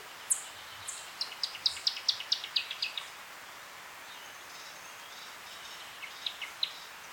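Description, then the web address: Newtonia calls: a couple of high notes, then a quick run of about nine very high, sharp ticking notes lasting under two seconds, then a few scattered notes, over steady background hiss. "sound Newtonia. صدای-پرنده-نوآوا"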